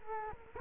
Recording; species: mosquito wingbeat signal from an infrared sensor; Culex quinquefasciatus